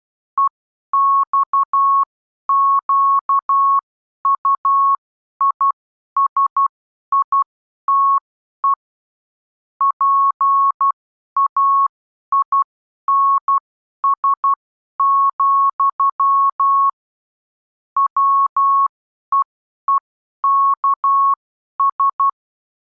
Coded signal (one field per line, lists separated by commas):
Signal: Morse code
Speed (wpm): 12 wpm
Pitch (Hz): 1100 Hz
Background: none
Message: EXQUISITE PAINS, WEEKS